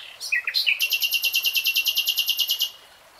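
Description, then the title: Nightingale song: a few short varied notes, then a long fast rattle of many identical high notes, then silence. Nightingale singing in real time. "[Tiếng chim hót] REALTIME Nightingale Singing"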